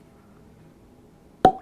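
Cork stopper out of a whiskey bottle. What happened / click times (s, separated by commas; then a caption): The cork stopper popped free of the bottle / 1.5 s. A cork stopper is pulled out of a glass bottle of Lagavulin whiskey, with only faint low background noise at first. At 1.5 s it comes free with a single loud, hollow pop that rings briefly and fades, leaving the bottle open.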